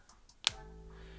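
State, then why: Seated. The flimsy plastic kickstand of a rugged phone case is pushed up into its slot, with two faint soft sounds at about 0.1 and 0.3 seconds. A sharp, bright click follows at 0.5 s as it seats, leaving a low steady hum. The kickstand is confirmed clicked in place.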